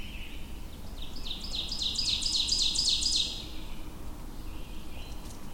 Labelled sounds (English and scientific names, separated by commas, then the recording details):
Ovenbird (Seiurus aurocapilla) song
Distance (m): 20 m
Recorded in boreal forest in Alberta, Canada, on 22 June 2016 at 06:53
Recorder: SongMeter 3, array SBT-6-76
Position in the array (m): 25 m, 128 m
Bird 2